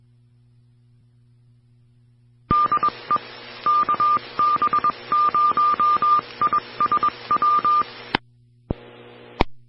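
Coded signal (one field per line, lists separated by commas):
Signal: Morse code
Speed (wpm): 21 wpm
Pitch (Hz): 1200 Hz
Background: none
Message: DE KB0ISW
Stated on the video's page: Amateur repeater signal.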